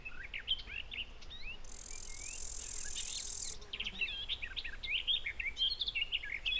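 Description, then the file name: Bush cricket song: one hissing buzz that builds for about two seconds, then stops, surrounded by busy twittering and chirping birds. Recorded in a garden at Buchhorst on 23 July 2016. "ugbushcrick 1-S gardenw-1-S d st sw-buchhorst"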